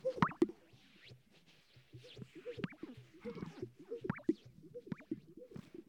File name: sage grouse